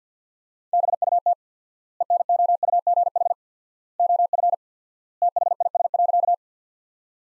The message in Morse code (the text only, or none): BUT ENOUGH OF THIS.